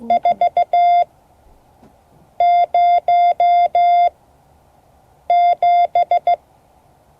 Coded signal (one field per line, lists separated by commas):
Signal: Morse code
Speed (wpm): 16 wpm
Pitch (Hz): 700 Hz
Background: none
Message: 407